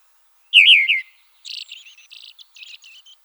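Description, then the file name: Red-throated thrush song: a loud quavering whistled phrase, then a softer string of scratchy, buzzy twittering notes. "Drozd krasnozobyj"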